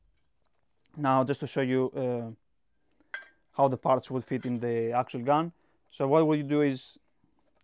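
A nozzle attachment is handled near the barrel of a Parkside PHLG 2000 E4 budget hot air gun while someone talks, with a brief sharp knock at about 3.1 s. The nozzle has not yet clicked onto the barrel and nothing has seated.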